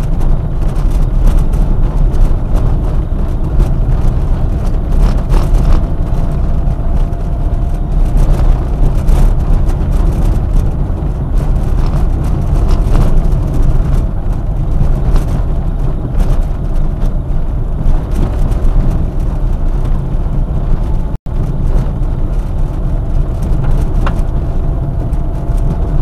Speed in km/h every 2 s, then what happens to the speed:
28, 28, 29, 29, 30, 28, 26, 25, 26, 27, 28, 28, 29.
0-26 steady at about 28.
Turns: none.